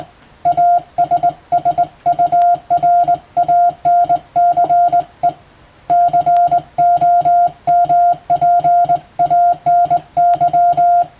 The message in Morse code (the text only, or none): ASSURANCE COMPANY